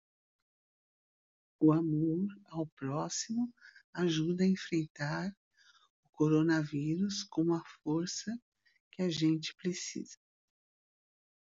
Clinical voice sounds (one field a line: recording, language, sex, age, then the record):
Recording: spoken sentence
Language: Brazilian Portuguese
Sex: female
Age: 60 to 69 years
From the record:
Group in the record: control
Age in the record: 67 years